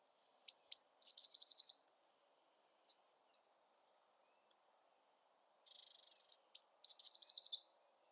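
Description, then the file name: Eurasian blue tit giving two calls about six seconds apart, each a high whistle falling into a fast buzzy churr, with faint scattered ticks between. "Cyanistes caeruleus"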